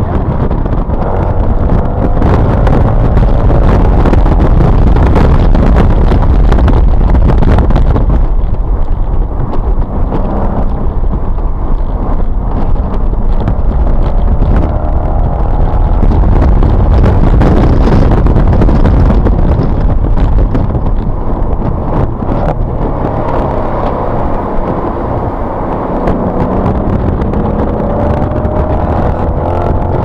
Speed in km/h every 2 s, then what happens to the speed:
84, 101, 119, 113, 89, 84, 90, 111, 129, 118, 98, 69, 55, 56, 71.
0-4 speeds up to 119. 4-10 brakes to 84. 10-16 speeds up to 129. 17-24 brakes to 55. 24-30 speeds up to 71.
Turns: 8-12, 22-30.